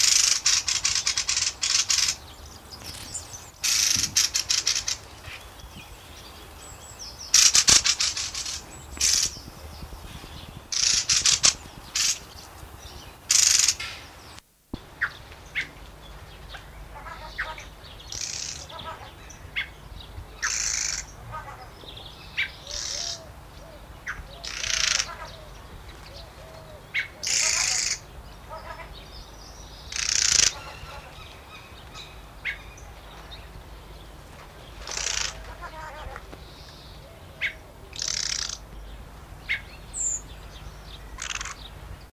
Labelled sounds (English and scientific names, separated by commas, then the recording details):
Mistle Thrush (Turdus viscivorus) call
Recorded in the wild
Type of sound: call
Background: Garrulus glandarius, Turdus iliacus
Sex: pair
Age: adult
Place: Zoo Hannover, Niedersachsen, DE
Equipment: Halbspur, 9,5 cm/s
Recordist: Lütgens, Hans
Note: Ein Paar lockt, ebenso Rotdrosseln. Ein Eichelhäher imitiert